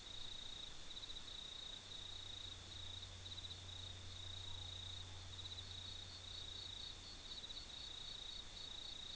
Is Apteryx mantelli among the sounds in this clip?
no